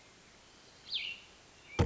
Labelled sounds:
Cassin's Vireo (Vireo cassinii)

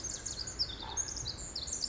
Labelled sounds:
Pacific Wren (Troglodytes pacificus)

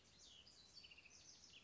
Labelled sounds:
House Wren (Troglodytes aedon)

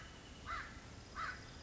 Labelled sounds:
American Crow (Corvus brachyrhynchos)

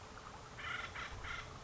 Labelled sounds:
Acorn Woodpecker (Melanerpes formicivorus)

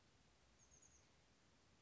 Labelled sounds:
Oak Titmouse (Baeolophus inornatus)

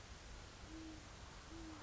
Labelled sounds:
Great Horned Owl (Bubo virginianus)

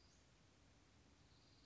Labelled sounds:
Western Flycatcher (Empidonax difficilis)

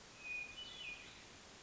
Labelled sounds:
Hermit Thrush (Catharus guttatus)

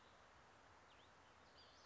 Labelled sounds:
Western Flycatcher (Empidonax difficilis)

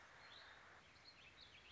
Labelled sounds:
Warbling Vireo (Vireo gilvus)

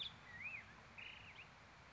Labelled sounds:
Black-headed Grosbeak (Pheucticus melanocephalus)

